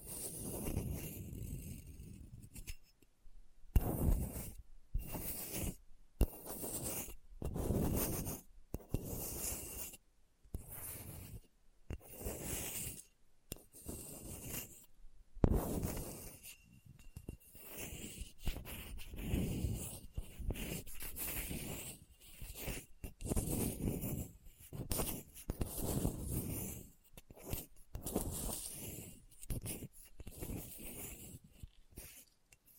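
Hard, bumpy surface scratching in rapid, uneven strokes, each a dense rasping burst with short gaps, continuing steadily for the whole half-minute.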